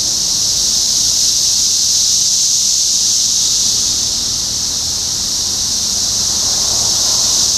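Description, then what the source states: Cicada chorus as a steady shrill drone, dipping a touch in loudness midway, with a faint wash of lower noise near the end. Recorded in Topeka, Kansas, on 14 June 2015.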